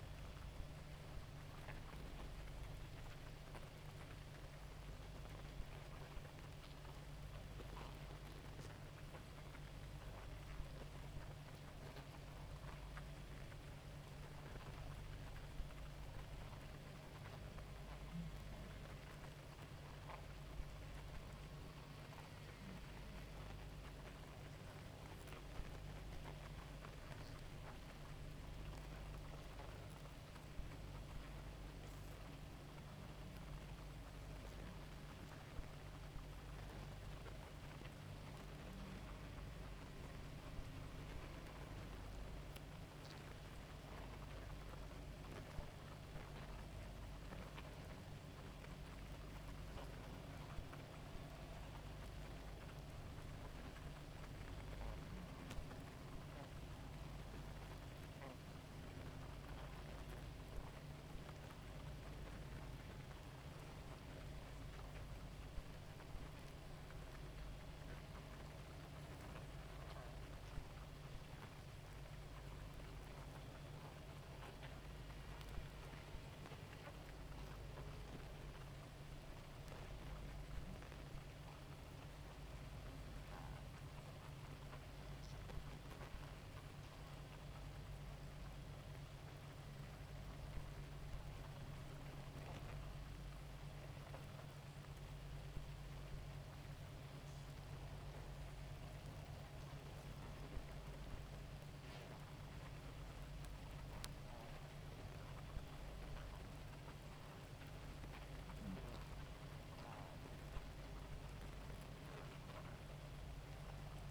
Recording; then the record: honeybee colony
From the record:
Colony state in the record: active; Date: 28 July 2017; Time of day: 2:52